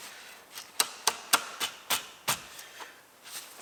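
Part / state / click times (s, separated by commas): fuel filter into its mounting bracket / seated / 0.8 s, 1.1 s, 1.3 s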